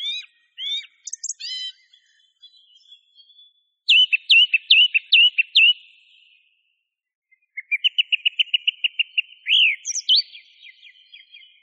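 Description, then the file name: Song thrush song of varied phrases: rising whistles, a burst of repeated sharp notes, then a fast even series of notes ending with two louder whistles. Masteran recording for training songbirds. "suara masteran songthrush"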